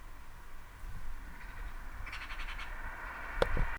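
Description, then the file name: Eurasian magpie chattering, a quick rattling run of harsh notes in the middle, with low rumbling background noise and a sharp knock near the end. "Pica pica"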